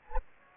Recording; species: mosquito wingbeat signal from an infrared sensor; Anopheles gambiae